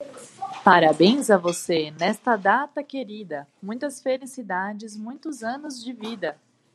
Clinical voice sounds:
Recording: short text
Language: Brazilian Portuguese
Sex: female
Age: 30 to 39 years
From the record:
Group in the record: control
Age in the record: 32 years

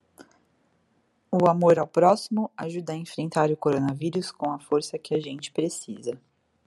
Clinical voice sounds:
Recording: spoken sentence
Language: Brazilian Portuguese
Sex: female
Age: 30 to 39 years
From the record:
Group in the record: control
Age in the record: 31 years

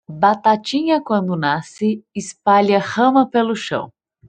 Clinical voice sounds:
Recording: short text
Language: Brazilian Portuguese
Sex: female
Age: 30 to 39 years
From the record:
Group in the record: control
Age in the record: 30 years

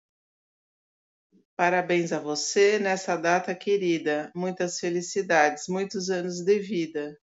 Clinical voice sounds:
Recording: short text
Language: Brazilian Portuguese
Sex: female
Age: 40 to 49 years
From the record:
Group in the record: control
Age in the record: 48 years

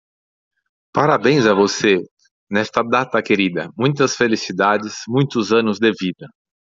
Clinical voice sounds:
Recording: short text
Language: Brazilian Portuguese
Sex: male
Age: 40 to 49 years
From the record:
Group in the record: control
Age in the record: 46 years

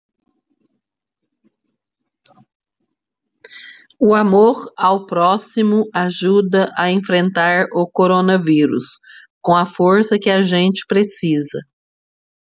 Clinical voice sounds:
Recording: spoken sentence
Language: Brazilian Portuguese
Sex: female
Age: 40 to 49 years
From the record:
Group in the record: control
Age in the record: 49 years

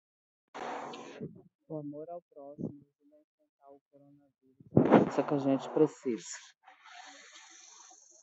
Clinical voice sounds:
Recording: spoken sentence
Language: Brazilian Portuguese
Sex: female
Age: 40 to 49 years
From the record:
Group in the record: control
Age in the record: 42 years

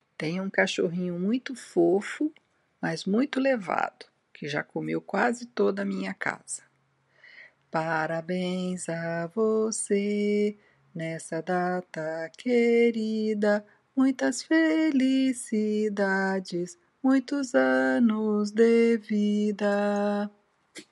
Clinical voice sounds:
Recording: short text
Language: Brazilian Portuguese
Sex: female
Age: 60 to 69 years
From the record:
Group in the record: control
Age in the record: 60 years

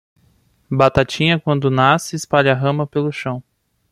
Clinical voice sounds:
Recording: short text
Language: Brazilian Portuguese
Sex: male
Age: 20 to 29 years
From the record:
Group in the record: control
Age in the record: 27 years

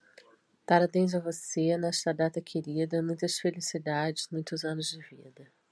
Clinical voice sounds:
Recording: short text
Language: Brazilian Portuguese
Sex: female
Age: 40 to 49 years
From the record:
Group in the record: control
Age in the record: 48 years

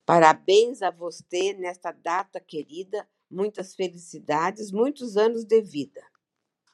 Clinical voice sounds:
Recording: short text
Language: Brazilian Portuguese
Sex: female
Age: 60 to 69 years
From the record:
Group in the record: control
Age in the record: 68 years

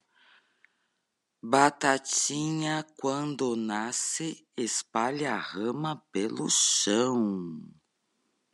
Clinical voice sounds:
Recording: short text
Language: Brazilian Portuguese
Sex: female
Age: 50 to 59 years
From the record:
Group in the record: control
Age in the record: 53 years

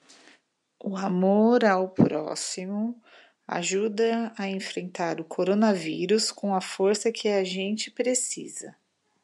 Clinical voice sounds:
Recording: spoken sentence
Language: Brazilian Portuguese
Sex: female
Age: 30 to 39 years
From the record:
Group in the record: control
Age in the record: 39 years

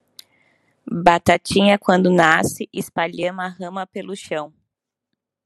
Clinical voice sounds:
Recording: short text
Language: Brazilian Portuguese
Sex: female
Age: 30 to 39 years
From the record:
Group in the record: control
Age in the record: 30 years

